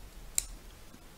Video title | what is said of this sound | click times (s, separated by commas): Graphite Drawing Supplies & Materials, What's in My Pencil Case | the handle back down to halfway. You hear it click and it kind of locks in, and | 0.4 s